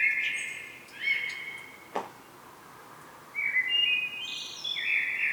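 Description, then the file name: Common blackbird calls: broken tonal phrases at the start, then a sharp click, a pause, then a rising run of notes to the end. "Turdus merula"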